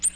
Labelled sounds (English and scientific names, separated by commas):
Ovenbird (Seiurus aurocapilla) flight call